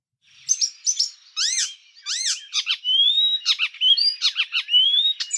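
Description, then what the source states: Icterine Warbler song: fast, varied high phrases mixing repeated sharp notes, falling harsh slurs and rising thin whistles, delivered continuously over five seconds in clean quiet surroundings. Song, played as an example; the bird summers in the Netherlands from May to late July and winters in Africa.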